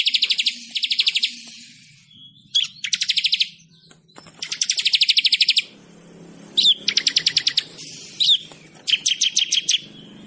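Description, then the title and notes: Bird song: dense buzzy trills alternating with runs of sharp, evenly spaced chirps and brief pauses. Bird with a melodious voice. "Burung Dengan Suara Merdu"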